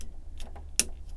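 The arm section of a plastic Takara Tomy Hasbro MPM-05 Movie Masterpiece Transformers Barricade figure is slid backwards on its up-and-down slider, with faint small ticks around 0.4 and 0.6 s. A sharp, bright click at 0.8 s marks the arm seating in place.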